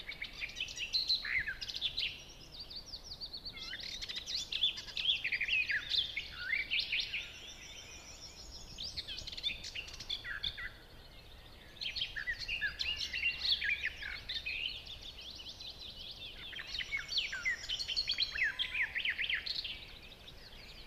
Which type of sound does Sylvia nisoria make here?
song